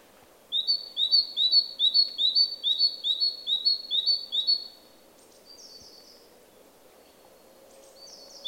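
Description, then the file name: Great tit song, a rapid run of repeated two-note whistles, then a pause with a few thin high notes, over low background rumble. "Parus major"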